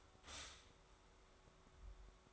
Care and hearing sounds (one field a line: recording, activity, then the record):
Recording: daily activity, microphone in the room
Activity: stop toaster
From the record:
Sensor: 3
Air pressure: 1014.7 hPa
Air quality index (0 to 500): 194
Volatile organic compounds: 23 ppm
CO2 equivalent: 2773 ppm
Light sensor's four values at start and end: 4/11/4/4 and 4/11/4/4